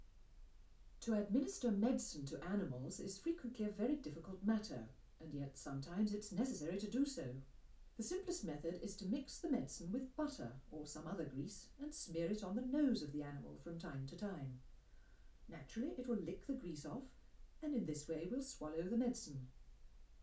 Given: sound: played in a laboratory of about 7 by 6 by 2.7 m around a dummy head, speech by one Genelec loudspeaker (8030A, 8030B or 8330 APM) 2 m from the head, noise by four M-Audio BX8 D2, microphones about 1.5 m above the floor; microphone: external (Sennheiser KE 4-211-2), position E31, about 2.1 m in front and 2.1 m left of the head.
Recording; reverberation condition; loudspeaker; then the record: female speech in English; low; 30 degrees to the right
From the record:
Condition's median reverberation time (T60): about 310 ms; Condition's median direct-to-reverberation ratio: about 3.5 dB